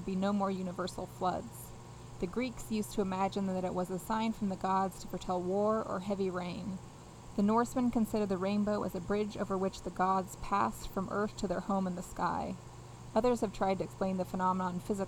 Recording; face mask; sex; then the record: reading aloud; none; female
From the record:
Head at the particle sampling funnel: facing it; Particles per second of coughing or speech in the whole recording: 0.717